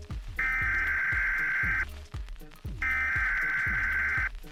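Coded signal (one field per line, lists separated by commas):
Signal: Emergency Alert System (SAME) tones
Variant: header bursts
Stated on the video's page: Custom fictional EAS scenario.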